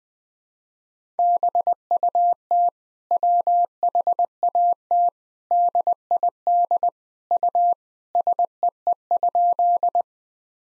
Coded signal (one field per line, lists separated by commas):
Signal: Morse code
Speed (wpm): 20 wpm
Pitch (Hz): 700 Hz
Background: none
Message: BUT WHAT DID U SEE?